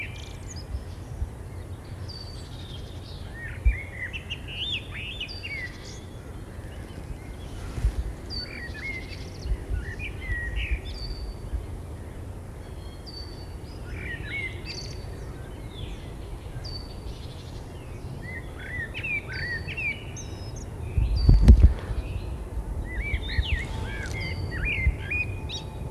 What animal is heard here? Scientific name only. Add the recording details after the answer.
Turdus merula. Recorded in the wild. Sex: male. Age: adult. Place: Gosener Berge, Berlin, DE. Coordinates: 52.3842, 13.6947. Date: 1990-04-13 18:42. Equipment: Riporter 6 RG-K, Halbspur, Sennheiser MKH 416 T. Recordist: Frommolt, Karl-Heinz